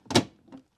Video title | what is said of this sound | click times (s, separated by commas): AutoSleepers Kemertom XL Handover Video | we go in till you get a positive click | 0.1 s, 0.2 s